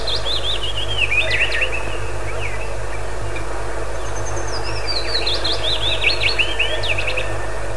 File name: penochka vesnichka